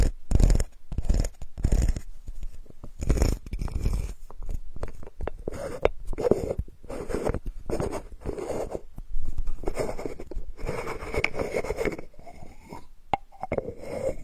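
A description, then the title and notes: Sandalwood is tapped and scraped in irregular, dense bursts of dry knocks and rubbing for most of the clip, with brief pauses between. Healing sandalwood tapping experience SPA.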